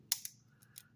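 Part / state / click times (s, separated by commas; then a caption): deployed refill retracting into a multi-function pen body / released / 0.1 s. On a Rotring 4-in-1 metal multi-pen, a different color slider is pressed partway down, tripping the latch so the deployed refill snaps back into the barrel with a sharp click at 0.1 s. Fainter ticks follow at about 0.3, 0.6 and 0.8 s. The refill is released and pops back in.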